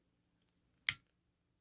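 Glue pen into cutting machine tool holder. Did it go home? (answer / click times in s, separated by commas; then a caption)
yes / 0.9 s. A glue pen from a foil transfer kit is pushed down into a cutting machine's tool holder and clicks home at 0.9 s with a single sharp, bright click. The click stands out over quiet background hum, and the pen is seated.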